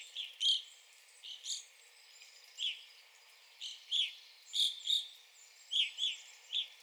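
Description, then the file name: Evening grosbeak calls, loud ringing chirps in irregular pairs and singles. Recorded 9 April 2021. "2021-04-09 Evening Grosbeak"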